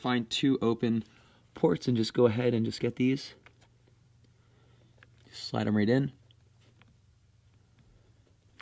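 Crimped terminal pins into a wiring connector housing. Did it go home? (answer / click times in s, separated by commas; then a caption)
yes / 6.8 s, 8.6 s. Crimped metal terminal pins, each a square with a piece of metal sticking out, are slid into two open ports of a plastic wiring connector housing during a BimmerTech Soft Close installation in a BMW F30. Someone talks, then faint sharp clicks follow at 6.8 s and 8.6 s. The pins seat in the housing.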